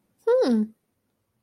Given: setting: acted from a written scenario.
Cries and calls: vocal sound without words; interest

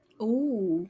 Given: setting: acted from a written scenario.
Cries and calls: vocal sound without words; interest

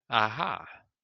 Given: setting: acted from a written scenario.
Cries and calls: vocal sound without words; realization

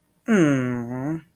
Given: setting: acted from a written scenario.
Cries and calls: vocal sound without words; sympathy

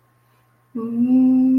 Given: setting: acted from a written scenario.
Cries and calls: vocal sound without words; guilt

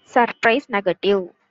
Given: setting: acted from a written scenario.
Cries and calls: vocal sound without words; negative surprise

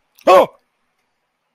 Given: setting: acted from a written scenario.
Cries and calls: vocal sound without words; fear

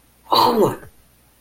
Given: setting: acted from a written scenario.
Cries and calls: vocal sound without words; negative surprise

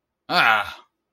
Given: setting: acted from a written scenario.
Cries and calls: vocal sound without words; anger

